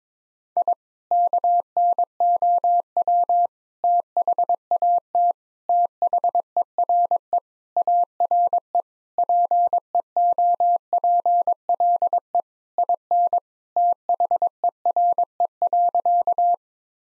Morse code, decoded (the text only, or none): I KNOW THAT THERE ARE PEOPLE IN THERE.